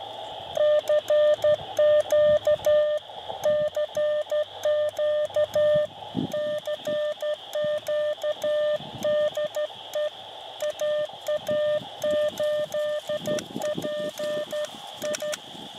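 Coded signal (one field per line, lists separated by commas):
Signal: Morse code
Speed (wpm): 13 wpm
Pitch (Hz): 600 Hz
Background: none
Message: CQ CQ CQ DE AA8PI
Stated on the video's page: CW contacts on 20 and 40 meters from an Elecraft KX2 on solar-charged battery power, Buddipole vertical on a painter's pole, hiking portable working POTA stations.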